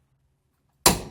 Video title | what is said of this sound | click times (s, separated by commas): How to change Rear Wheel Hub/Bearing: 2005 Honda | Yeah, you hear that click? | 0.9 s